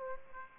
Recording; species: mosquito wingbeat signal from an infrared sensor; Aedes aegypti